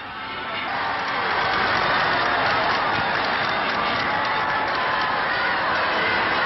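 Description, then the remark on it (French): A large British crowd in London roars and cheers on Victory in Europe Day, a dense, steady wash of many voices with scattered clapping, rising quickly and holding loud throughout. “La foule britannique n'est pas si flegmatique qu'on le dit. Et elle crie sa joie.”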